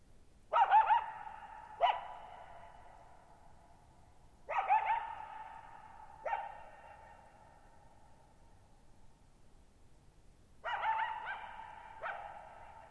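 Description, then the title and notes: Coyote barking: short yelping bursts in three bouts, each followed by a single sharp bark, all trailing off in a long ringing echo, with near silence between bouts. Lone coyote moving off and leaving a meadow, night of July 14, 2019, Thirtymile Meadows, Okanogan National Forest, 1950 m, dry high plateau, Pacific Northwest, very reverberant bowl-shaped meadow. "Coyote Begins Leaving The Scene. July 14, 2019, camped near Thirtymile Meadows in the Okanogan National Forest"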